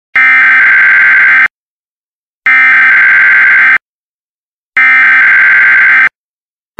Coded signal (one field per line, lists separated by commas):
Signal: Emergency Alert System (SAME) tones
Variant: header bursts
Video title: Testing out a new product I used to make Simulation EAS videos